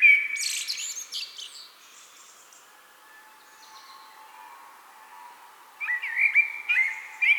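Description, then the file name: Eurasian blackbird song: a phrase ending in a high squeaky twitter at the start, then after a long pause a further series of fluty notes, over a faint steady hum. "Turdus merula"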